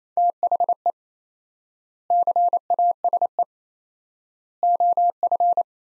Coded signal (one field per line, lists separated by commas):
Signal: Morse code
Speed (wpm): 27 wpm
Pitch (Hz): 700 Hz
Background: none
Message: THE CASE OF